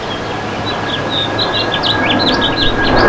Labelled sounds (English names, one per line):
House Finch song